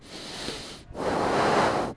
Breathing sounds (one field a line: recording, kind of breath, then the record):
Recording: one breath in and out by a microphone near the nose and mouth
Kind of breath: deep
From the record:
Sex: male